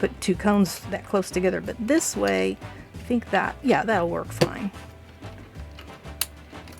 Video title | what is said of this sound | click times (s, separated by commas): Reviewing the Sew Tech Thread Rack from Amazon for Sewing Room Organization | so there it clicked I heard it that time | 6.2 s